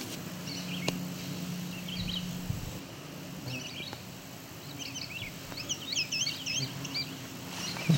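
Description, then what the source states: Indigo Bunting song: a quick run of paired high notes after a few scattered short phrases, with a low hum early on. Singing during a walk between fields and forested areas; sings only once in a while.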